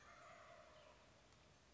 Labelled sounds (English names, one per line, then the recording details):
Wild Turkey
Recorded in Sonoma County, California